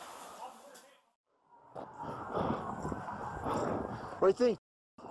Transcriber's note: sirens